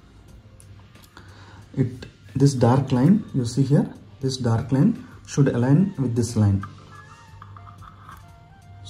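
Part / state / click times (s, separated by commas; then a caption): glucose sensor applicator onto sensor pack / not seated / none. A FreeStyle Libre glucose sensor applicator is held over its sensor pack, with the applicator's dark line being lined up with the mark on the pack before it is pushed home. Someone talks over soft background music, with a few faint handling ticks near the start and end. It is only being aligned; nothing has seated or clicked yet.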